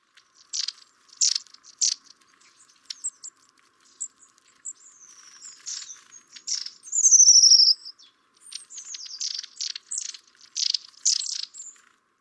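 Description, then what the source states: Long-tailed tit contact calls: thin, high-pitched notes and short trilling twitters coming in irregular bursts, with one louder buzzy trill near the middle. Flocks of up to 20 or so, twittering continually to each other while flying; high-pitched contact calls; also a twittering, trilling song; woodland birds.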